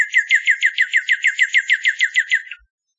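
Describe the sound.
Northern Cardinal song: a rapid run of many identical sharp downslurred notes over about two and a half seconds, ending abruptly in silence.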